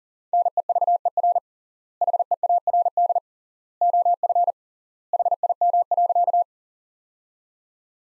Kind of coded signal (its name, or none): Morse code